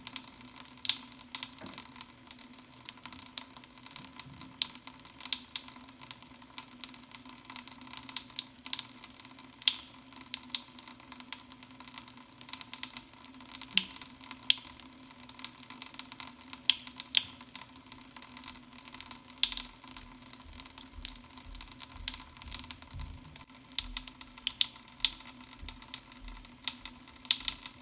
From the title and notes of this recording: ASMR Water Dripping on Cotton Pad.